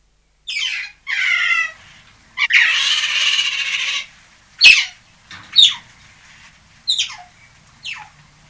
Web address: european otter